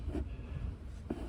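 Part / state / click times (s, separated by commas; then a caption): plastic glove box retaining clip in the dashboard / released / 1.1 s. On a 2011–2021 Volkswagen Golf Mk7, the left-side plastic retaining clip of the glove box in the dashboard is pushed up to release it while changing the cigarette lighter fuse. After a low, quiet rumble, a single sharp pop is heard at 1.1 s. The clip is released and the glove box pops open.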